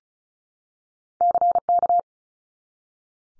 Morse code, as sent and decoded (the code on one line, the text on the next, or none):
-.-. -.-
CK